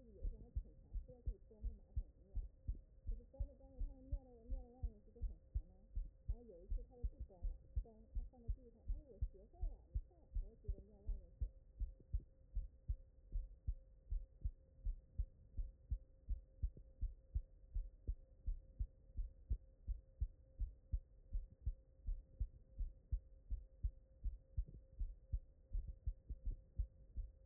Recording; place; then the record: heart sounds by stethoscope; mitral valve (MV)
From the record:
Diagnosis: non-HFrEF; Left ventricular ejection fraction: 59%